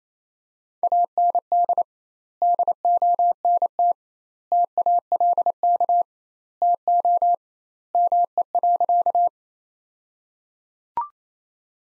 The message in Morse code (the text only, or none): AND DONT TALK TO ME.